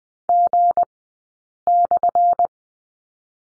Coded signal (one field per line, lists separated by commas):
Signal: Morse code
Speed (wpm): 20 wpm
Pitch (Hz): 700 Hz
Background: none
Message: G/